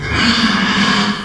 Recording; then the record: squeal of a Yucatan mini pig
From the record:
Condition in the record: after surgery on the right vocal fold (resection and tissue-engineered implant); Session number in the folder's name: 17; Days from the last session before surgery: 195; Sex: female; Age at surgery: 19 weeks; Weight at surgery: 25 kg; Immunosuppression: prednisolone